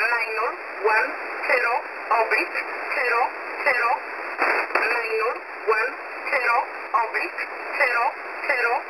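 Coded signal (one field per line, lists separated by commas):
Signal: numbers station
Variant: E11 Oblique, English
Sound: a voice reading single digits at an even pace over a narrow radio channel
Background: radio static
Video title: E11 Oblique 02/12/2023 1430 UTC 13363kHz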